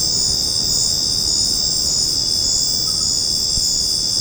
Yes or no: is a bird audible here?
no